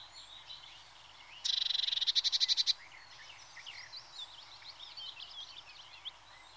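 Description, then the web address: Eurasian blue tit scolding churr, a rapid burst of about a dozen harsh high pulses lasting just over a second, amid a busy background of bird calls. "The BBC Sound Effects Library. Blue TIT (Parus Caeruleus)"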